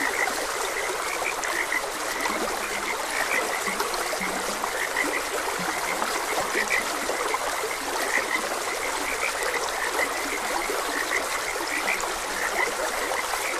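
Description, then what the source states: Frogs croaking in a chorus, short bright notes scattered throughout over the steady rush of flowing stream water. Frogs croaking beside a gentle stream.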